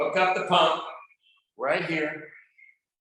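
A man talks while handling a hand pump's hose connector, bringing it toward the inflation valve of a blood-flow-restriction arm band to push it on. Only speech is heard in two bursts with a faint trailing sound. Nothing has snapped on or seated yet.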